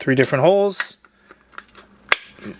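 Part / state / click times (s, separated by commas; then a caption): action figure stand piece into round clear display base / seated / 2.1 s. Someone talks, then a plastic stand piece with three pegs is pressed into the three matching holes of a round clear plastic display base for a Hasbro Marvel Legends Kang the Conqueror Time Chair figure, a Pulse Con 2024 exclusive. A few faint ticks of handling lead to a single sharp, loud snap at 2.1 s. The stand piece is seated on its pegs.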